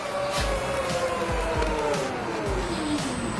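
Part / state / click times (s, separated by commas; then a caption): car tailgate into its soft-close latch / not seated / none. The powered metal rear tailgate of a Toyota C-HR closes under power after being triggered by an added switch at the handle recess, heading into its soft-close latch. A steady motor whine slowly falls in pitch over repeated low thumps. The gate has not yet seated or clicked into the latch when the sound ends.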